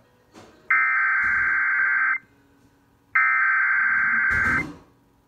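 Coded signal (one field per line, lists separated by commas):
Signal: Emergency Alert System (SAME) tones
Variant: header bursts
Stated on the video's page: Relayed from WBQB via Cox Communications cable.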